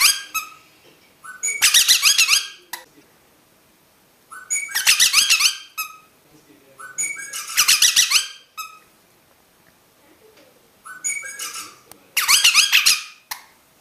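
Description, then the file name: Rosella giving loud bursts of squeaky, whistled chatter, separated by quieter pauses. "Canto da Rosela"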